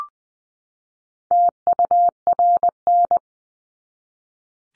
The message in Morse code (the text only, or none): TURN